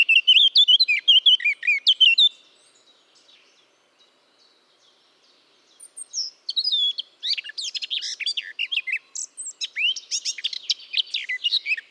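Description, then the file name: Eurasian blackcap song: a fast scratchy warble for two seconds, a pause, then a longer, richer run of varied chattering and fluty notes. "Sylvia atricapilla"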